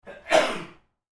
Sneezing sounds.